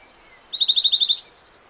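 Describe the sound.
Western Bonelli's warbler giving a short, even trill of about eight quick, high, clipped notes lasting under a second, with a faint steady high hiss behind.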